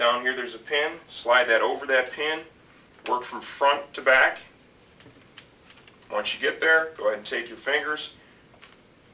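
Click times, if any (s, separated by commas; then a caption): 8.6 s. Someone talks while feeding the cheek pad retainer of a Shoei RF-1100 motorcycle helmet over a pin from front to back, with a few faint taps around 5.0 to 5.9 seconds. The retainer is then pushed up into the helmet shell and locks into place with a short click at 8.6 seconds.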